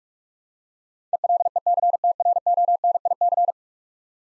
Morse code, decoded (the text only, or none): ELECTRONIC